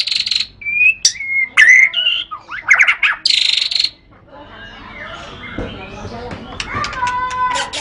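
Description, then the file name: White-rumped shama song: clear whistled notes and sharp harsh bursts for a few seconds, then fading into a soft, noisy background. Murai batu named Matrix, associated with Pawang BC, Lhokseumawe; songbird-contest (kicau) context. "kicau murai batu matrix pawang bc lhokseumawe"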